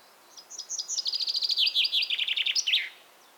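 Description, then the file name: Common chaffinch song: high notes accelerating into a rapid rattling trill that drops slightly in pitch, finished by a sharp rising-and-falling flourish. "Fringilla coelebs"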